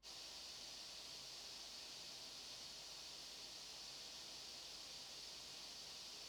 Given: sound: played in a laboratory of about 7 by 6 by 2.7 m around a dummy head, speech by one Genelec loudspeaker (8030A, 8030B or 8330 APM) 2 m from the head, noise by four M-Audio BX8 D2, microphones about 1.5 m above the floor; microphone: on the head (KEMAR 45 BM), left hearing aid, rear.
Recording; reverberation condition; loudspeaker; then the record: white noise; low; four, about 170 cm from the corners of the room and facing them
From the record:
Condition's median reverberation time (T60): about 310 ms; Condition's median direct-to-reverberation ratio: about 3.5 dB